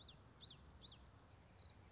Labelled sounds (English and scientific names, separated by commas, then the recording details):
Common Yellowthroat (Geothlypis trichas)
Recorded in Sonoma County, California